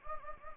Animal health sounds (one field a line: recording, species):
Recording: mosquito wingbeat signal from an infrared sensor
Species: Anopheles gambiae